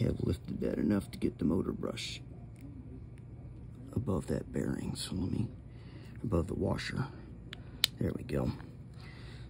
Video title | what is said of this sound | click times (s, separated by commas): Motor Repair for Technics Turntable Models SL-B101, SL-B202 and SL-B303 | so that snap back in it's realigned and go ahead and wipe the excess glue just | 7.8 s